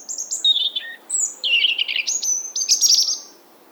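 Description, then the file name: European robin song, a continuous run of high, sweet whistled notes and fast liquid trills shifting up and down in pitch, lasting over three seconds. "Erithacus rubecula"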